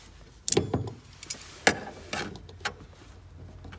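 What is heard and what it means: A fuel line quick-connect is pushed onto the fuel pump module of a 2005 G35 Coupe AT during a fuel pump and fuel level sensor replacement. Several sharp plastic knocks and handling clatter occur around 0.5, 1.2–1.3 and 2.7 seconds. The loudest, crispest snap at 1.7 seconds is the connector clipping in and seating securely.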